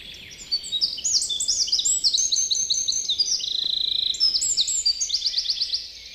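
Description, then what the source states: Eurasian wren song: a loud, continuous high-pitched warble of quick trills, chattering notes and fast repeated rattles lasting about five seconds. Bubbling, joyful song, usually in phrases about five seconds long from the shelter of a fallen tree's root plate; surprisingly powerful voice for Finland's shortest bird, 10 cm and about ten grams.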